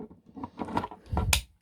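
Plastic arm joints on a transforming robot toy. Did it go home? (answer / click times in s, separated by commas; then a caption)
yes / 1.2 s, 1.3 s. The plastic arm joints on a transforming robot toy (a plastic transforming toy truck) are rotated around during transformation, giving a run of small plastic knocks and scrapes. The arms click into place at 1.2 s and 1.3 s, with the sharpest, brightest snap at 1.3 s, confirming they have seated.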